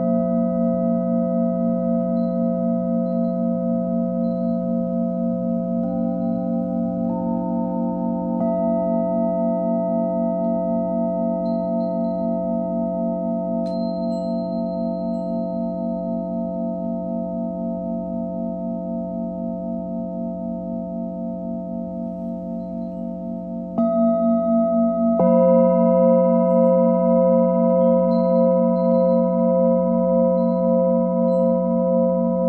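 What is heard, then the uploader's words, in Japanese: Singing bowls and sanukite stones hum in long, steady overlapping tones, with a brighter, louder strike entering near twenty-four seconds. 真夜中のシンギングボウルのサウンドヒーリング。サヌカイト。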